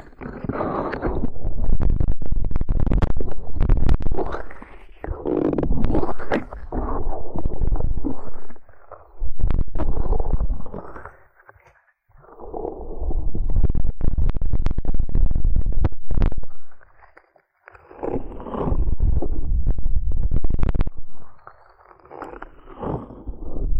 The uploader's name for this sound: ear cleaning massage